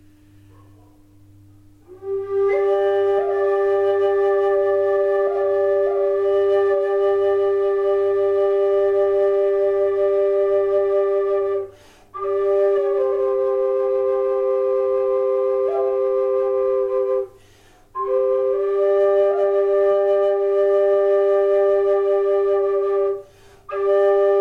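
Singing bowls ring in a session with long, steady tones full of bright overtones, starting after a couple of seconds. The sound cuts off briefly around twelve and seventeen seconds, then resumes at the same pitch. A faint low hum runs underneath throughout.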